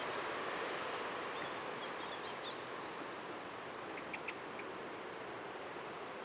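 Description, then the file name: European robin giving thin, very high whistled calls that slide slightly downward, two drawn-out notes about three seconds apart with scattered soft ticks between, over steady background hiss. "Erithacus rubecula"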